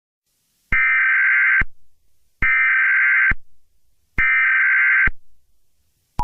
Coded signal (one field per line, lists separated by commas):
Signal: Emergency Alert System (SAME) tones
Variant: header bursts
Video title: EAS SCENARIO 8| Nuclear Attack On The U.S